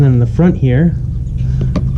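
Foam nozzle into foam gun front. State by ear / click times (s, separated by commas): seated / 1.8 s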